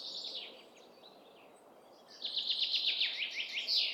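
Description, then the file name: Common chaffinch song: the end of a fainter phrase at the start, then a loud series of quick chipping notes ending in a flourish, over steady background noise. "Fringilla coelebs"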